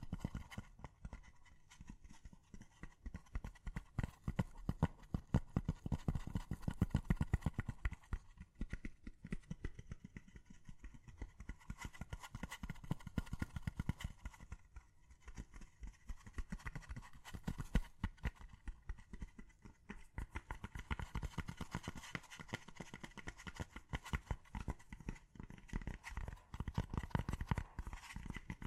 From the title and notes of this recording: ASMR Gently Tapping You to Sleep (No Talking).